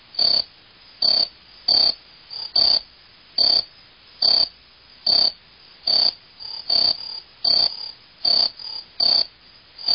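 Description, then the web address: Insect chirps given in sharp high bursts separated by clear quiet gaps, in a somewhat uneven rhythm. "animali insetti insetti insect"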